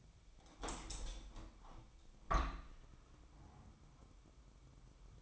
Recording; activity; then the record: daily activity, microphone in the room; open window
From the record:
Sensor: 1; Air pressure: 1006.6 hPa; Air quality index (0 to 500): 210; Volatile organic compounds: 24 ppm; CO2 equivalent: 2822 ppm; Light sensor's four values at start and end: 12/31/12/14 and 12/32/12/14